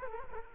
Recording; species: mosquito wingbeat signal from an infrared sensor; Culex quinquefasciatus